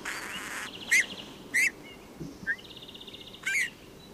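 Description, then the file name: Eurasian bullfinch calls: a few brief notes spaced irregularly, overlaid by buzzy, rattling chatter at the start and near the end. "Pyrrhula pyrrhula"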